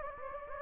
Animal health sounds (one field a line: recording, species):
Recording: mosquito wingbeat signal from an infrared sensor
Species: Anopheles gambiae